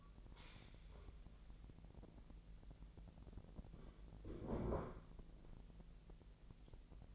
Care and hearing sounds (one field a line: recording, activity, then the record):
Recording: daily activity, microphone in the room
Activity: stand up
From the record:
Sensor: 5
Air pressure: 1001.6 hPa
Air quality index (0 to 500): 249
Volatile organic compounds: 32 ppm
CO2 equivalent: 3004 ppm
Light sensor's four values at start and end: 38/90/36/35 and 38/89/35/34